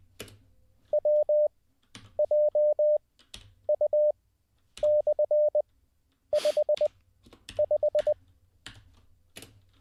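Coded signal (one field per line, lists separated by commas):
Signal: Morse code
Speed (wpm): 20 wpm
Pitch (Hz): 590 Hz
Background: none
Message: WJU/55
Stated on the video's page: Morse code learning practice, streamed live as a daily session.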